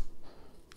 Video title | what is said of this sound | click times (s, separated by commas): Roborock S5 Max Robot Süpürge Detaylı Temizlik ve Bakımı | los clips encajen, ahora nuestro cepillo está firmemente en su lugar, amigos | 0.7 s